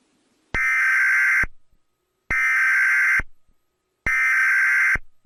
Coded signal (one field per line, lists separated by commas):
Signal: Emergency Alert System (SAME) tones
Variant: header bursts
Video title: EAS Alarms From EVERY Country In The World